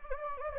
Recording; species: mosquito wingbeat signal from an infrared sensor; Anopheles gambiae